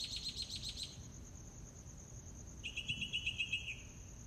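Mockingbird song: a fast high trill, a pause, then a different lower rapid trill, with an insect drone in the background.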